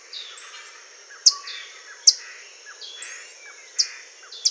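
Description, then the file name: Bird calls: sharp, very high chips repeat about once a second, mixed with rasping high notes and lower downslurred whistles. "SABIOD 50 bird 2015"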